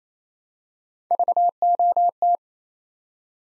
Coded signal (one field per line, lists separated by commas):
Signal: Morse code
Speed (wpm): 27 wpm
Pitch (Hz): 700 Hz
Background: none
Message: VOT